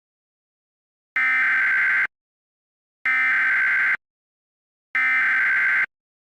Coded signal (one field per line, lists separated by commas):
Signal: Emergency Alert System (SAME) tones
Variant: header bursts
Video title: [EAS Scenario] Millennium Schism: REDUX (Alternate History ULTIMATE EDITION) (REUPLOAD)